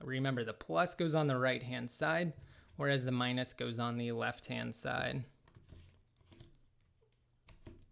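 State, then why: Not seated. Someone talks while a plastic Joy-Con controller is handled at the side rail of a Nintendo Switch handheld console, followed by a few faint, soft handling taps and rustles near the end. Nothing has seated or clicked yet.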